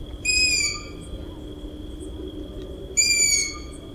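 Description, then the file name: Long-eared owl calls: two drawn-out, squeaky, slightly falling screeches about three seconds apart, over a steady high tone and quiet background. Chicks and a female calling at the nest. "Ushastaya sova - Krik ptencov i samki u gnezda"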